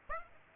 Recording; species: mosquito wingbeat signal from an infrared sensor; Aedes aegypti